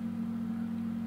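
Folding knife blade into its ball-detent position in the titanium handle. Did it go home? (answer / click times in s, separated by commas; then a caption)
no / none. A titanium folding knife's square blade is handled and swung toward its ball-detent position in the titanium handle, where a spring ball bearing locks it in place. Only a steady low hum around 100–200 Hz is heard, with no distinct click. Nothing has seated or clicked yet.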